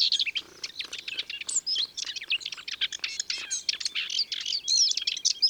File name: Fauvette grisette ABC des chants doiseaux